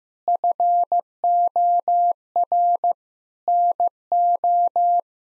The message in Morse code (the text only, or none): FOR NO